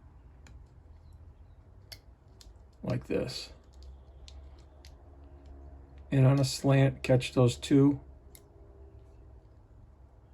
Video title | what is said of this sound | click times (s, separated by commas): Toyota Camry Key Fob Replacement (2007-2011) & $AVE! | And you'll and you'll hear it click in. And it clicks in and it's down. | 8.3 s